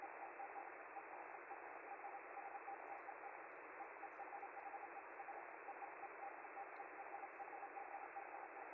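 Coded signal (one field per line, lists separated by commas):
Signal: Hellschreiber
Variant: Feld-Hell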